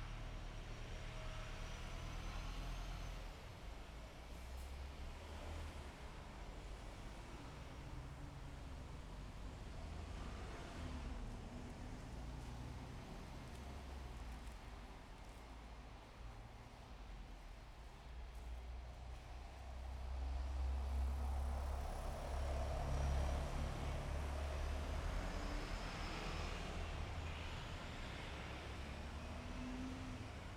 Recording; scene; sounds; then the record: everyday scene through a hearing-aid microphone; in traffic; traffic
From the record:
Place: bus stop on a city main road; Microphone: behind the ear, left, front